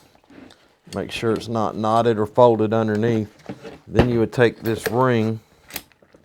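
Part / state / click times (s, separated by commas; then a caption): lanyard ring into harness/lanyard connector / seated / 5.8 s. Someone talks while a self-retracting lanyard ring is taken and inserted into its connector on a fall-protection harness and lanyard setup. A sharp metallic click is heard at 5.8 s as the ring locks into place, seated.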